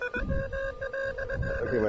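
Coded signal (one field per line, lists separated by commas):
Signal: none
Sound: radio's short tone beeps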